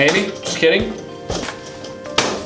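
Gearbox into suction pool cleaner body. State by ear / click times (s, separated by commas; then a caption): seated / 2.2 s. While someone talks over background music, a plastic gearbox is pushed into the body of an MX8 Elite suction pool cleaner. After an earlier push, it seats on the second push with a sharp snap at 2.2 s.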